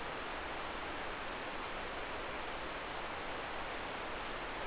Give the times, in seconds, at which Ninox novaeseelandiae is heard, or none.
none